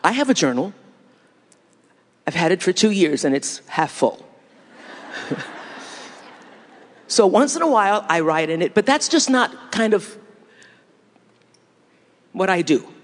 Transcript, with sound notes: have a journal. I’ve had it for two years and it’s half-full. (laughter) So once in a while I write in it, but’s that just not kind of what I do.